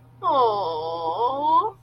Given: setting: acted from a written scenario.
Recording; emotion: vocal sound without words; adoration